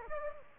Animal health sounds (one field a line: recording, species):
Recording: mosquito wingbeat signal from an infrared sensor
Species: Aedes aegypti